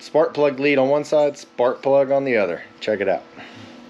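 An inline spark tester with a small glass window is being fitted between the spark plug lead and the spark plug on a Craftsman LT3000 small engine that won't start. Someone talks throughout while handling the connector, and the clip ends before it is pushed onto the plug terminal, so nothing has seated or clicked yet.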